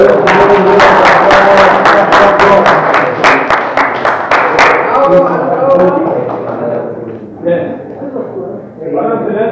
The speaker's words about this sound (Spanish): A ver, échenos el aplauso ahora sí, para que se vea.